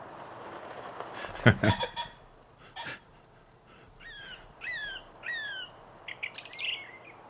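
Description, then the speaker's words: Song thrush song, a few clattering sounds first, then clear whistled phrases repeated in short groups, each note slurring downward. Singing in autumn as leaves fall, in Norfolk; a song normally heard in springtime. "But it's still lovely to hear that song of the song thrush, which you'd normally hear in springtime. But at this time of the year, they carry on singing."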